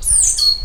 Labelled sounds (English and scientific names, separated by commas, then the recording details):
Stitchbird (Notiomystis cincta) song
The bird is a male
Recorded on Tiritiri Matangi Island, New Zealand, in 2005
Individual 20, of nest box 28